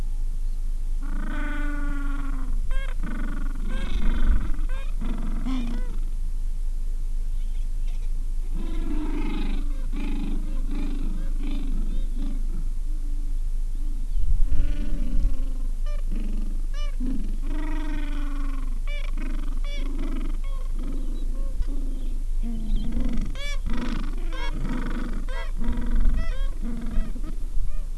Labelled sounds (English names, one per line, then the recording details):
Gentoo Penguin
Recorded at the colony at Ocean Harbour, on 7 January 2016
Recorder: Song Meter SM2+